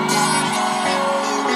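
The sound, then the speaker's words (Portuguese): A large concert crowd in Recife roars and cheers in a loud, steady wall of shouting, with sustained musical tones humming underneath throughout. “Quem tá feliz, joga a mão e dá um grito, Recife!”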